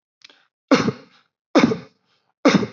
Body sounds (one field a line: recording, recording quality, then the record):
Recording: heavy voluntary cough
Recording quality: excellent, no background noise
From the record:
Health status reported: exposed to COVID-19, no respiratory illness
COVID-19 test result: negative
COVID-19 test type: RT-PCR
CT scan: not taken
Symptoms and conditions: none ticked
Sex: male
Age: 22 years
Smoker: no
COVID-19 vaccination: both doses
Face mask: not worn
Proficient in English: yes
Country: India